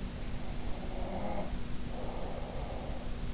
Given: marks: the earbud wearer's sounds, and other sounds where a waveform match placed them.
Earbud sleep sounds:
sounds in sleep by an in-ear microphone; breath
0.13-3.25 s: breath

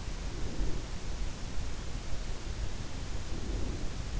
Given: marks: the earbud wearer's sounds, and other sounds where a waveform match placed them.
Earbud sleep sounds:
sounds in sleep by an in-ear microphone; breath
0.21-1.09 s: breath
3.28-4.17 s: breath

